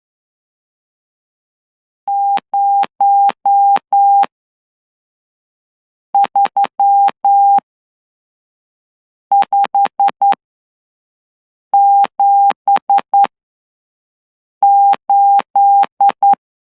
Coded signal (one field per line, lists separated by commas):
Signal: Morse code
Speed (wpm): 10 wpm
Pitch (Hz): 800 Hz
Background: none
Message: 03578